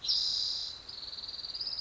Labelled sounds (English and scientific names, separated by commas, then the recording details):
Spotted Towhee (Pipilo maculatus)
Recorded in Sonoma County, California